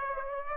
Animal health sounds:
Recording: mosquito wingbeat signal from an infrared sensor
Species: Aedes aegypti

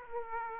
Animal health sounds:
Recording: mosquito wingbeat signal from an infrared sensor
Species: Aedes aegypti

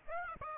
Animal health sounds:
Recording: mosquito wingbeat signal from an infrared sensor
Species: Aedes aegypti

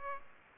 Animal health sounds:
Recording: mosquito wingbeat signal from an infrared sensor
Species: Aedes aegypti

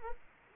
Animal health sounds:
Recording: mosquito wingbeat signal from an infrared sensor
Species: Culex quinquefasciatus

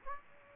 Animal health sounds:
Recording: mosquito wingbeat signal from an infrared sensor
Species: Aedes aegypti

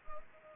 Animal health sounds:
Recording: mosquito wingbeat signal from an infrared sensor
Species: Anopheles arabiensis

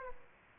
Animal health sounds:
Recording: mosquito wingbeat signal from an infrared sensor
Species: Aedes aegypti

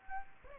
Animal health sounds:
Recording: mosquito wingbeat signal from an infrared sensor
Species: Aedes aegypti

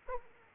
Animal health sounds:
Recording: mosquito wingbeat signal from an infrared sensor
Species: Aedes aegypti

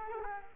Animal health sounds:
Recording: mosquito wingbeat signal from an infrared sensor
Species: Culex quinquefasciatus

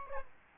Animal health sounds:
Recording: mosquito wingbeat signal from an infrared sensor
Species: Aedes albopictus

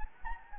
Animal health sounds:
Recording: mosquito wingbeat signal from an infrared sensor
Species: Anopheles gambiae

